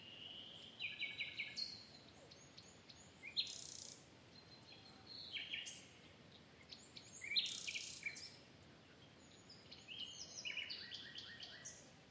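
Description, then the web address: Bird song: faint, high chirping phrases of short thin notes coming in scattered bursts over a steady background hiss. "Bird Only"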